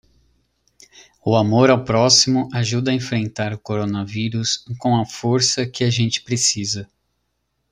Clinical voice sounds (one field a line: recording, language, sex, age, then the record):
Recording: spoken sentence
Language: Brazilian Portuguese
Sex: male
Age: 30 to 39 years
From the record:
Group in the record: control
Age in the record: 35 years